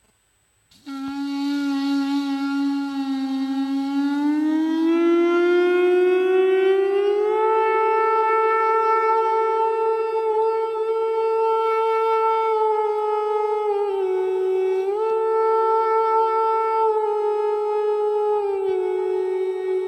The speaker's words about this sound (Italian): Scusa, è una conchiglia elettronica? No, è una conchiglia proprio acustica, normale, c'è un po' di effetto, un po' di riverbero, però proprio suono naturale della conchiglia, suonato come strumento a fiato, un corno praticamente, un corno naturale.